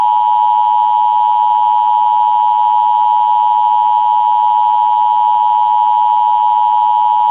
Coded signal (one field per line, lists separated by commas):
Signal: Emergency Alert System (SAME) tones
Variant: 853 and 960 Hz attention tone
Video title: Fake EAS Winter Storm/Tornado Warning Interrupts Cartoon Planet 1990's